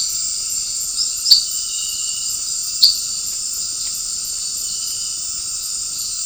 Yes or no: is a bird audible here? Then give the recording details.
no. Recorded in dense forest near Puerto Asís, Putumayo, Colombia, on 12 March 2025 at 18:30. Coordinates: 0.500, -76.322. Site GP06